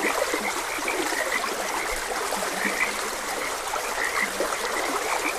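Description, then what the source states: Frog calls: quick chirpy croaks repeat irregularly, with a few deeper low croaks, all over a constant babbling stream. Frogs croaking beside a gentle stream.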